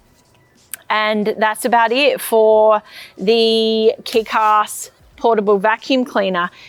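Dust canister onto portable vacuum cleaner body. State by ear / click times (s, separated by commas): seated / 0.7 s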